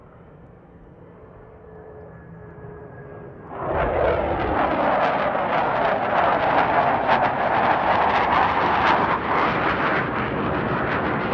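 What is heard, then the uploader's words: A military jet roars past overhead. After about three and a half seconds of low rumble with a faint steady whine, the sound jumps suddenly to a loud, harsh, crackling roar that fills everything from deep rumble to hissing top and holds to the end. Blue Angels F/A-18 Hornet passby - two in succession. Back-and-forth all afternoon. Recorder: SD702 mid-side configuration mid: MKH8060 side: MKH30.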